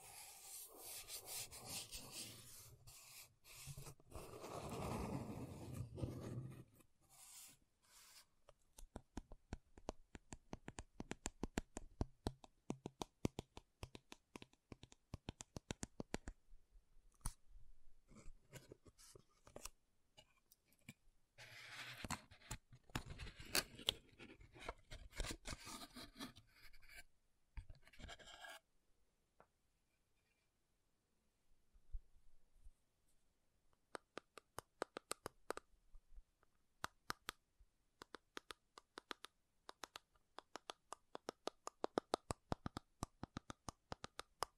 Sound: MAKEUP TAPPING & SCRATCHING